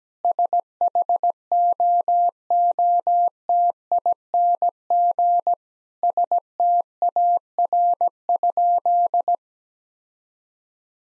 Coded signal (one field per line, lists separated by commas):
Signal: Morse code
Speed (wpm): 17 wpm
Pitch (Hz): 700 Hz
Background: none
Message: SHOOTING STAR?